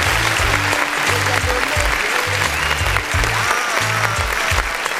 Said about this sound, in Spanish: ¡Aplausos para Yesenia!